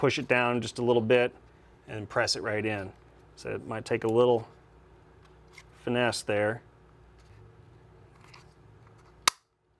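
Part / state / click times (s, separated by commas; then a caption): hammer spring pin into pistol frame / seated / 9.3 s. A tensioned hammer spring pin on a KEL-TEC PMR-30 is pressed down with a micro tip tool and pushed into the polymer pistol frame while someone talks. After a few faint ticks, one sharp, loud snap at 9.3 s marks the pin seating into the frame.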